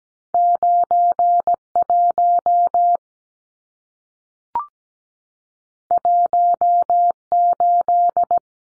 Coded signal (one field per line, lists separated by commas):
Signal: Morse code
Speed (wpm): 17 wpm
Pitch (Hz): 700 Hz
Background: none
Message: 91 18